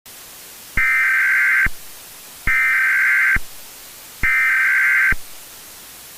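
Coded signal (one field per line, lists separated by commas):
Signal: Emergency Alert System (SAME) tones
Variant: header bursts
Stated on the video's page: Self-made fictional analog-horror scenario with noisy sound.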